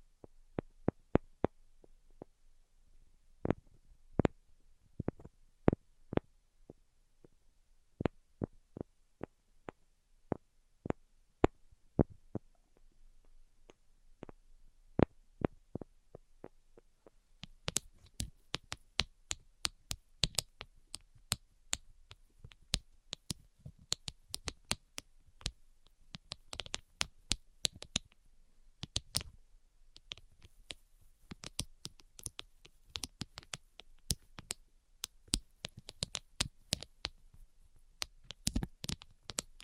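Tapping on a hard surface, sharp dry clicks spaced unevenly through the first seventeen seconds. After that the taps turn quick and dense, a busy clatter of overlapping hits with a brighter, crisper edge that continues to the end.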